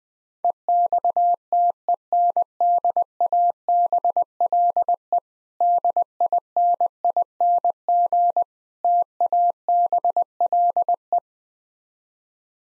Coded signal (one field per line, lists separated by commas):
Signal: Morse code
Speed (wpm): 20 wpm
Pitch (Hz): 700 Hz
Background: none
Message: EXTENDABLE DINING TABLE